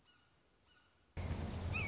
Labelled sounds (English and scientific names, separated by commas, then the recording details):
Red-shouldered Hawk (Buteo lineatus)
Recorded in Sonoma County, California